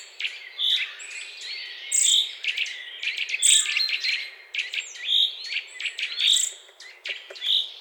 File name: Sitta europaea